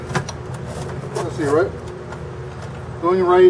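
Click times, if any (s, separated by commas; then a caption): 0.2 s. A latch on a 2007 Starcraft 1701 pop-up camper is flipped over so it locks into place, giving a sharp click at 0.2 s, with a quieter tap right after. Someone then talks, and the latch is locked.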